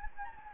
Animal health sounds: mosquito wingbeat signal from an infrared sensor; Anopheles gambiae

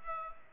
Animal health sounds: mosquito wingbeat signal from an infrared sensor; Culex pipiens

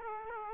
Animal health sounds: mosquito wingbeat signal from an infrared sensor; Aedes aegypti

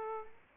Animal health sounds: mosquito wingbeat signal from an infrared sensor; Aedes aegypti

